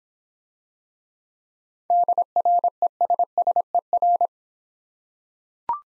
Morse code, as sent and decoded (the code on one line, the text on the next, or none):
-.. .-. . ... ... . .-.
DRESSER